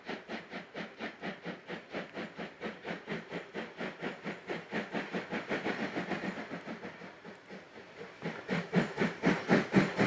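The C57 1 steam locomotive hauling the SL Yamaguchi on the JR Yamaguchi Line chuffs in a fast, regular rhythm of hissing steam bursts, about three per second. The beats blur slightly around the middle, then return louder and sharper toward the end.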